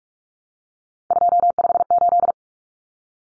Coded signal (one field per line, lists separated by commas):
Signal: Morse code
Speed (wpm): 44 wpm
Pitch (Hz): 700 Hz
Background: none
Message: 258